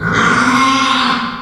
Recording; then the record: squeal of a Yucatan mini pig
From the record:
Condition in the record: after surgery on the right vocal fold (resection and tissue-engineered implant); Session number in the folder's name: 15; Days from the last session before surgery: 175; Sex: female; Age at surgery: 19 weeks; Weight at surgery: 25 kg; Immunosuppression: prednisolone